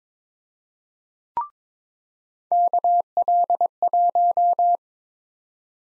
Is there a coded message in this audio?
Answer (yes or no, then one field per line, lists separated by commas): yes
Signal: Morse code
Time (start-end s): 2.5-4.8 s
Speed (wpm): 22 wpm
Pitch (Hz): 700 Hz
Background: none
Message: KL1